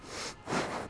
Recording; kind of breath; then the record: one breath in and out by a microphone near the nose and mouth; strong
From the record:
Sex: male